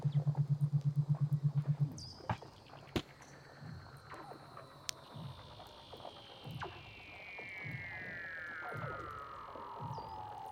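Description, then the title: Weddell seal underwater calls: a burst of low, regular chugging pulses, scattered clicks, then a long whistle gliding steadily downward over several seconds. "Douglas Quin - Weddell Seals (Underwater)"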